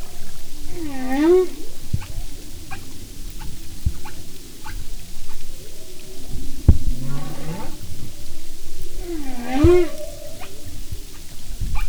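Humpback whale song with rising, upswept moans and harmonic-rich wails repeating in phrases, accompanied by clicks and low underwater rumble.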